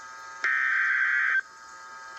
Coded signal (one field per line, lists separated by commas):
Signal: Emergency Alert System (SAME) tones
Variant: header bursts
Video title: TORNADO EMERGENCY in Holly Springs, Mississippi - 12/23/2015 - NOAA Weather Radio